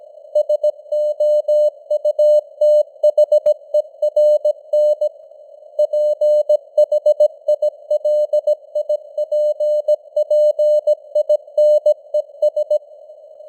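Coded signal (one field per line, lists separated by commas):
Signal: Morse code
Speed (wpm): 17 wpm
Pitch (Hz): 600 Hz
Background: none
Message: SOUTHERN PHILIPPINES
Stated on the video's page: Simulated Morse news at 17 wpm with artificial radio noise and varying signal strength (QSB fading).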